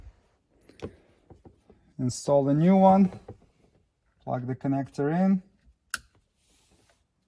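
Someone talks while a wiring connector is plugged into the new steering column tilt and telescopic switch on a 2010-2015 Lexus RX350 / RX450h, with a few faint ticks early on. A single sharp click sounds at 5.9 s as the connector seats.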